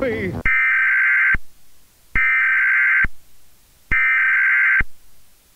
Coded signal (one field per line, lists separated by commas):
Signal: Emergency Alert System (SAME) tones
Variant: header bursts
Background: speech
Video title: Hand of God - an EAS scenario short